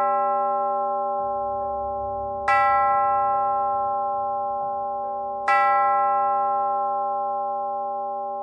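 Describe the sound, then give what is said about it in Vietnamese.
A distant clock tower bell chimes at midnight, two resonant strikes about three seconds apart, each ringing out with a rich, sustained tone that slowly fades over a low steady hum. “Tiếng cười chưa dứt, tháp đồng hồ nơi xa xa chợt vang lên hồi chuông.”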